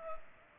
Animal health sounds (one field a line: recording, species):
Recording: mosquito wingbeat signal from an infrared sensor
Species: Culex pipiens